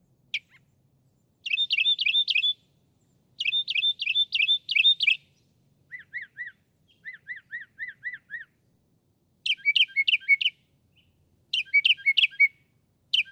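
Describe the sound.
Northern Mockingbird song: phrases of rapid buzzy repeated notes, a lower series of looping whistled notes, then more high repeated bursts.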